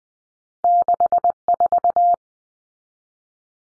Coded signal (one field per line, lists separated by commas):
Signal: Morse code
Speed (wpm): 20 wpm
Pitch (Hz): 700 Hz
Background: none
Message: 64